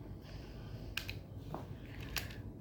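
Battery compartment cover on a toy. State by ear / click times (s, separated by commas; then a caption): seated / 1.0 s. A screwdriver is used to close and secure the battery compartment cover on a toy gift. Among a handful of small, sharp ticks over low background noise, the cover locks shut with a click at 1.0 s.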